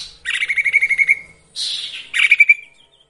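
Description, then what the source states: Sirtu song: a rapid pulsed trill that settles on one steady pitch, a short buzzy burst, then another quick trill. Training recording for songbirds with the full variation of sirtu phrases.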